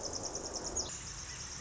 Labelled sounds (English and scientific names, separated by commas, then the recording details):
Pacific Wren (Troglodytes pacificus)
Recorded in Sonoma County, California